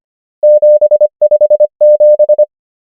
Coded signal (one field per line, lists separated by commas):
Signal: Morse code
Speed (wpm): 25 wpm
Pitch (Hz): 600 Hz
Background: none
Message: 7 5 7